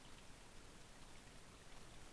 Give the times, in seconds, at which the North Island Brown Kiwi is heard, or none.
none